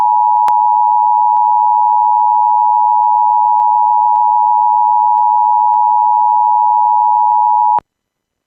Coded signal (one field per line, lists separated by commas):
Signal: Emergency Alert System (SAME) tones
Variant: 853 and 960 Hz attention tone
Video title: Child Abduction Emergency (EAS #94)